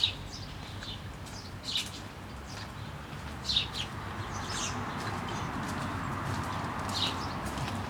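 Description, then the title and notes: Sparrow chirps, a few short sharp notes at irregular intervals over a steady low rumble. Several sparrows in a metal sculpture in Jette, Brussels, Belgium, with trains and cars; recorded with DPA 4060 microphones in AB position to a Zoom F3. "Drève de Rivieren, Jette, Bruxelles-Capitale, 1090, Belgique - Sparrows in a metal sculpture. moineaux dans une sculpture de métal. Trains, voitures"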